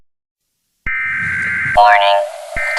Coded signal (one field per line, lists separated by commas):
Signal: Emergency Alert System (SAME) tones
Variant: header bursts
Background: speech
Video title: EAS Scenario: Scary Special Scenario - The Blood Weather